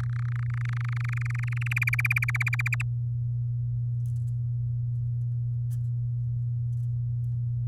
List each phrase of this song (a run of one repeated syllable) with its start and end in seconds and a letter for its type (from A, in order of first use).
0.00-1.73 A, 1.76-2.82 B